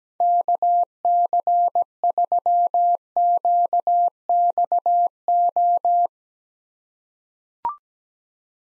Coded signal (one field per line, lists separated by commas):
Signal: Morse code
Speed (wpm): 17 wpm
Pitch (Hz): 700 Hz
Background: none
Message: KC3QXO